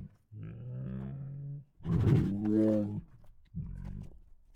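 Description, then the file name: Tiger snorts and rough roaring grunts, a breathy burst in the middle flanked by lower rumbling calls. Two hungry tigers making many snorts. "Two Tigers Make Many Hungry Snorts [Sound Ideas]"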